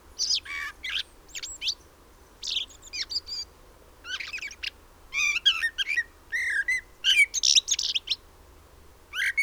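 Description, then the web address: Common blackbird giving squeaky, chattering notes and short whistles in repeated bursts, with brief gaps between clusters. "SETE Turdus merula"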